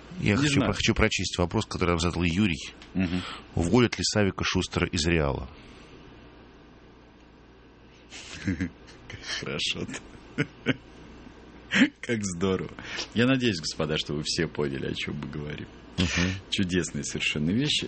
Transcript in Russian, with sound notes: Я хочу прочесть вопрос, который нам задал Юрий: «Уволят ли Савика Шустера из «Реала»?» (СМЕЕТСЯ)
Как здоров. Я надеюсь, господа, что вы все поняли, о чем мы говорим. Чудесные совершенно вещи.